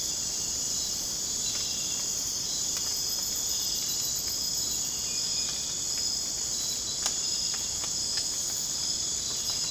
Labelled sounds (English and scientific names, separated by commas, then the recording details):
none
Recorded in dense forest near Puerto Asís, Putumayo, Colombia, on 25 June 2025 at 02:00
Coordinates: 0.486, -76.317
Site G065